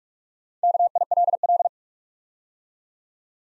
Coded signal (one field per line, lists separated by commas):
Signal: Morse code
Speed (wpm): 44 wpm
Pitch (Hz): 700 Hz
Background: none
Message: KILL